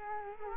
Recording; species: mosquito wingbeat signal from an infrared sensor; Culex quinquefasciatus